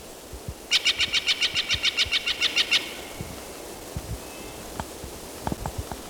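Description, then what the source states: Steller's Jay giving a fast, regular string of harsh, scratchy notes, followed by scattered soft knocks and rustles. Group number one calling; June 24, 1997, southeast slope of Raw Cat Mountain, 3,900 feet, 7.5 miles north and 15.5 miles east of Prineville, Ochoco Mountains, Crook County, Oregon.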